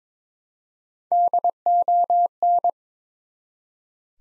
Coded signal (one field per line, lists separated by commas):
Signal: Morse code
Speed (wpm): 22 wpm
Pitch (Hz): 700 Hz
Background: none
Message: DON